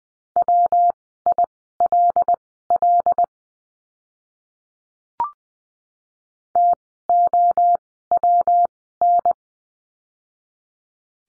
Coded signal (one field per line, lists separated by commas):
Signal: Morse code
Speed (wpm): 20 wpm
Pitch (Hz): 700 Hz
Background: none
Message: WILL TOWN